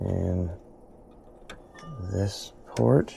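Someone handles the case's front-panel USB cable connector at its header on the motherboard while talking, with faint handling ticks between the words. Nothing has seated or clicked yet.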